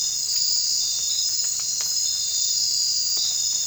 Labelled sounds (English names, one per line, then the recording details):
none
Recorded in secondary vegetation near Puerto Asís, Putumayo, Colombia, on 25 June 2025 at 01:30
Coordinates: 0.499, -76.323
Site G077